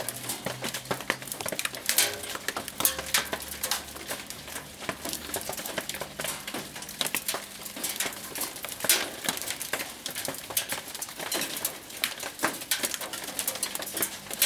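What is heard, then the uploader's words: Rain and hail patter steadily in a backyard, a dense spray of bright ticks and taps with sharper hits every fraction of a second. A low hum drifts underneath, rising and falling in pitch around two to five seconds. Rain & hail in the backyard.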